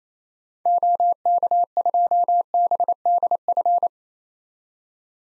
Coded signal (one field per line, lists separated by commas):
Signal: Morse code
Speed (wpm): 27 wpm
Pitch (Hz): 700 Hz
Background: none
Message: OK2BDF